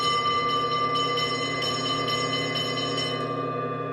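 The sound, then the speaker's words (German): A sustained, ringing bell tone with a bright, steady pitch and layered overtones, cutting through a crowd's tumult and holding at fairly even loudness for the whole stretch over the faint, dull rumbling of an audience. No one speaks. “Ein Glockenton zerriss den Tumult.”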